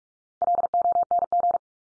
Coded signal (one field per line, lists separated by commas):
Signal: Morse code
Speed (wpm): 44 wpm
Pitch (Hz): 700 Hz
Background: none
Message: LONG